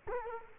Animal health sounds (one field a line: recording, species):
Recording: mosquito wingbeat signal from an infrared sensor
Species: Culex quinquefasciatus